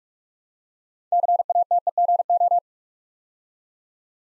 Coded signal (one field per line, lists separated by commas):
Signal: Morse code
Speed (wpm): 44 wpm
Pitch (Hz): 700 Hz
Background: none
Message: CATEGO